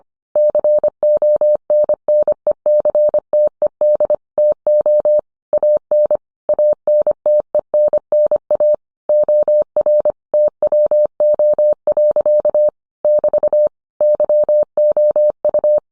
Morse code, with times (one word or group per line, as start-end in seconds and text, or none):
0.4-4.2 CONNECTED
4.4-5.2 TO
5.5-6.2 AN
6.5-8.7 ANTENNA
9.1-10.1 OR
10.3-12.7 TWO.
13.0-13.7 <BT>
14.0-15.8 YOU